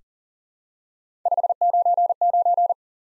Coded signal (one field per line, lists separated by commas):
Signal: Morse code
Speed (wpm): 37 wpm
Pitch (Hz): 700 Hz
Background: none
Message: 599